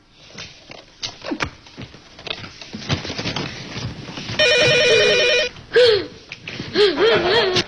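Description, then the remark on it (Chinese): A telephone rings in steady electronic bursts, a bright warbling tone that cuts in after a stretch of shuffling and clattering, then repeats in shorter pulses. “嘿，你这孩子怎么不接电话呀？”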